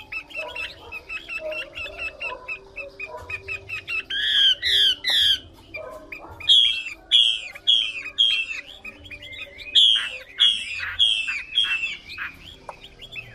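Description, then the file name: Chinese hwamei song: soft chattering notes, then bursts of loud, bright repeated whistled phrases separated by short pauses, with steady low hum. Female hwamei singing. "Tieng chim hoa mi mai hot"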